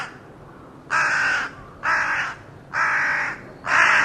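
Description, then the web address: Bird giving four harsh, flat cawing calls, each about half a second long, spaced roughly one second apart, with quiet background between calls. Call rendered as "co co co co". "Deverinetal 2025 File origin Bird Only"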